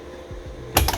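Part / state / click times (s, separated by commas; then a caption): driver airbag module into steering wheel / seated / 0.8 s, 0.9 s. A driver airbag module is slid back into the steering wheel of a Pontiac G5/Cobalt and given a little push. After a quiet, low hum, two sharp clicks sound at 0.8 s and 0.9 s as its two retaining locks engage, confirming the module is seated.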